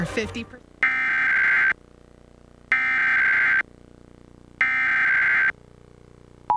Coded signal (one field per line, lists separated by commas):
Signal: Emergency Alert System (SAME) tones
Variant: header bursts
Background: speech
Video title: Required Monthly Test (EAS #483)